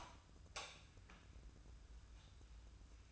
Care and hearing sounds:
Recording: daily activity, microphone in the room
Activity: light off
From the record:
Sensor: 2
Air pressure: 994.3 hPa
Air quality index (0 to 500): 214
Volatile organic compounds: 1000 ppm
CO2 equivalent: 7097 ppm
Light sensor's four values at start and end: 127/306/128/132 and 112/265/111/113

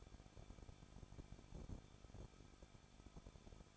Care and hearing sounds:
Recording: daily activity, microphone in the room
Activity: no activity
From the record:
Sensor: 5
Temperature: 20.9 degrees Celsius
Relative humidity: 38.2%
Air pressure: 1006.4 hPa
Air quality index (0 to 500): 189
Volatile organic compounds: 19 ppm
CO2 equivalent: 2663 ppm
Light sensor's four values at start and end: 2/3/1/1 and 2/3/1/1

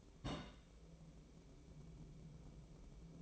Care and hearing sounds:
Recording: daily activity, microphone in the room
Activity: place on stove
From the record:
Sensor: 1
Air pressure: 1008.2 hPa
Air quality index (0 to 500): 137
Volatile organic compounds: 2 ppm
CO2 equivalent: 1151 ppm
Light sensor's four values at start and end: 8/18/7/8 and 8/19/7/8

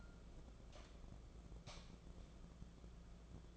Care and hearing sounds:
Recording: daily activity, microphone in the room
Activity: light on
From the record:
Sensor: 5

